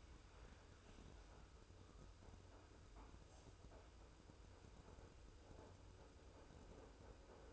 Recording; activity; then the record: daily activity, microphone in the room; make coffee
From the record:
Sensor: 2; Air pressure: 994.8 hPa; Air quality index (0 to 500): 55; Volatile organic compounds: 1 ppm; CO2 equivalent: 902 ppm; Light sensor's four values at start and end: 16/52/20/20 and 16/52/20/20